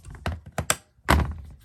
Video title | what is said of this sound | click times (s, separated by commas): 200 Subscriber Special - Building the Windows XP Gaming GOD | Basically, press down on the RAM until it clicks. | 0.7 s, 1.1 s